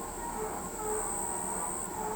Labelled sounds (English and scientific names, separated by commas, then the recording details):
none
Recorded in pastures near Pivijay, Magdalena, Colombia, on 18 April 2023 at 00:30
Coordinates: 10.456, -74.369
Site P6-G026